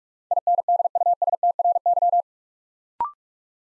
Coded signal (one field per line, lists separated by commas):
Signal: Morse code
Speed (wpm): 44 wpm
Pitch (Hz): 700 Hz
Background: none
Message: INDUSTRY